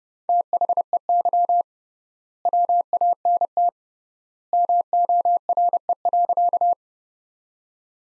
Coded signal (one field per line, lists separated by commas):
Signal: Morse code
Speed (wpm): 30 wpm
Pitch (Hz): 700 Hz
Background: none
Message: THEY WANT MORE.